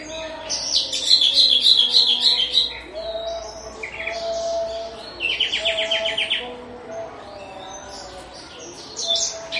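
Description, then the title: Horsfield's bush lark song in bursts: a bright rattling trill, then buzzy chattering phrases and scattered high chirps, with soft low tones underneath. Situbondo, East Java, Indonesia. "Branjangan Javanica Ktp Situbondo Jatim"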